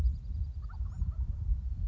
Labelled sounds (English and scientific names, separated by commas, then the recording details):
Wild Turkey (Meleagris gallopavo)
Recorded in Sonoma County, California